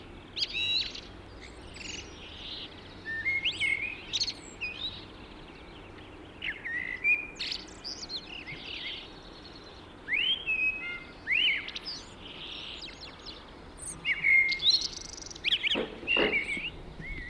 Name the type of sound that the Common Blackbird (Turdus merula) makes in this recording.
song